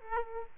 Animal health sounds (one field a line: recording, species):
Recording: mosquito wingbeat signal from an infrared sensor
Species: Aedes aegypti